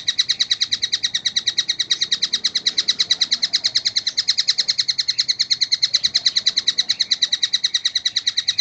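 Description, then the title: Oriental magpie-robin song made of rapid, uniform ringing notes, continuing steadily from start to finish. "Kicau Kacer"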